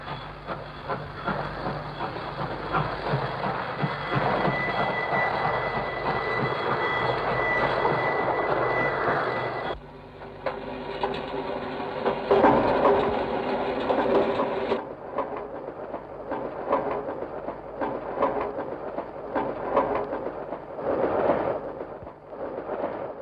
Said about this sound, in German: Unter dem Titel Etude de Bruit, Klangstudien. Mit dem Stück Etude pour Chemin de Fer, Studie über die Eisenbahn.